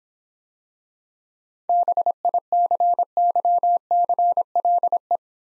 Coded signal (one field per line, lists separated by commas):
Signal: Morse code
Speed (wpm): 26 wpm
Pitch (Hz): 700 Hz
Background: none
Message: BICYCLE